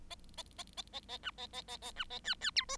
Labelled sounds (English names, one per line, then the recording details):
Bengalese Finch song
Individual Bird7